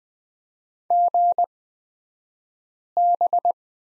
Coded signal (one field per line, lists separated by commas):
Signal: Morse code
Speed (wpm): 20 wpm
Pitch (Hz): 700 Hz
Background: none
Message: GB